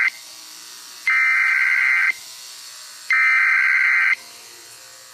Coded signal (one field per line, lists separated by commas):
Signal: Emergency Alert System (SAME) tones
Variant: header bursts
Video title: 1990 Canada EAS Alarm